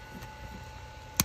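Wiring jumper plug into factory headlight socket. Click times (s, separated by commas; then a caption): 1.2 s. A headlight wiring jumper plug for projector-style headlights is pushed into the grease-filled factory headlight socket. Over low, steady background noise, one sharp click comes at 1.2 s. That click is the connector seating into place.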